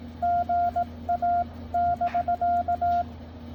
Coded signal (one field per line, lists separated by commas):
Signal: Morse code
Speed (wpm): 18 wpm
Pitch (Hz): 700 Hz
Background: none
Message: GA<BK>